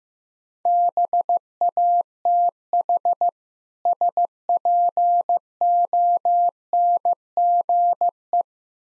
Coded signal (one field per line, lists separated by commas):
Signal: Morse code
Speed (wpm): 15 wpm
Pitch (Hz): 700 Hz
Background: none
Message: BATH SPONGE